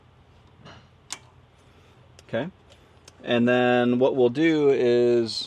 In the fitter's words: that you're going to run and snap down.